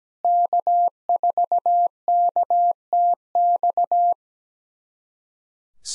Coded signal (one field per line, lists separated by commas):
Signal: Morse code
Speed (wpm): 17 wpm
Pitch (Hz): 700 Hz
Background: none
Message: K4KTX